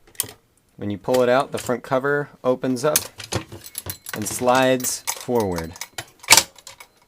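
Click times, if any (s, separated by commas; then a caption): 6.3 s. On a 1950s Polaroid Model 240 Print Copier, a tab is pulled out so the front cover opens and slides forward, and the front lens standard is pulled forward and up all the way into its extended locked position while someone talks. Soft handling sounds accompany the opening motion. The lens standard snaps into place with a loud, sharp metallic click at 6.3 s.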